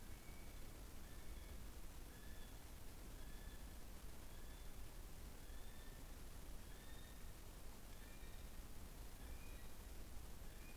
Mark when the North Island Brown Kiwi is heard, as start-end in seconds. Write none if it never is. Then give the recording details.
0.00-10.77. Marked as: faintness 3/5. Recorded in New Zealand on 15 November 2013. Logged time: 00:43. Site BV22